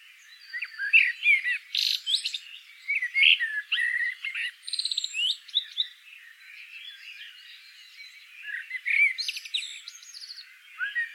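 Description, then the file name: Common blackbird singing a long run of rich warbled whistles broken by sharp high squeaky flourishes, then a quieter gap before another fluting phrase begins. "Turdus merula"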